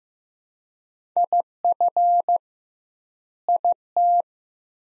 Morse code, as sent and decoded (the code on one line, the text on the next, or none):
.. ..-. / .. -
IF IT